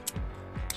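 A plastic part of a Beyblade Burst Astral Hello Kitty Over Revolve'-0 spinning-top toy, which will not go in on one side, is flipped to the other side and inserted into the plastic top assembly. Two short, sharp snaps are heard at 0.1 s and 0.7 s, with a low fumbling rustle in between. The part fits and is seated.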